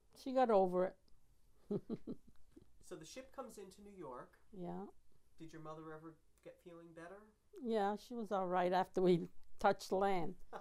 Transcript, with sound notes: she got over it. ( she laughs )
So the ship comes into New York.
Yeah.
Did your mother ever get feeling better?
Yeah, she was all right after we touched land.